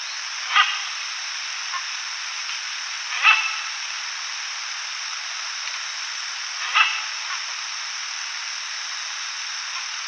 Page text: Knobbed Hornbill Calls. Quick Sounds